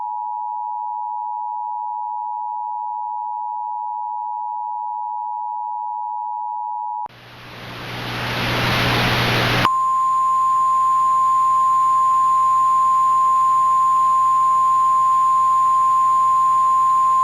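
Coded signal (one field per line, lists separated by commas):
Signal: Emergency Alert System (SAME) tones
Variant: 853 and 960 Hz attention tone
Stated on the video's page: Mock EAS alert with a very large list of counties; not a real alert.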